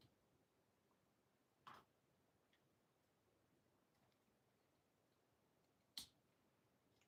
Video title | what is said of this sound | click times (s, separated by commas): Hguc Psycho Gundam build pt.1 | Okay. Oh. Locks in place. Good. | 6.0 s